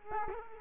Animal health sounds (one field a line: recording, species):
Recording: mosquito wingbeat signal from an infrared sensor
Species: Culex quinquefasciatus